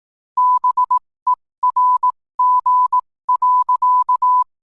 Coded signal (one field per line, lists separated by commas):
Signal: Morse code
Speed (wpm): 18 wpm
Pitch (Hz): 1000 Hz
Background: none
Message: BERG.